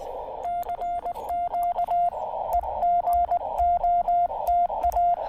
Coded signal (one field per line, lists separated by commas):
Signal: Morse code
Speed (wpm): 20 wpm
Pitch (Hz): 700 Hz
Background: radio noise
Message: CQ EGOTA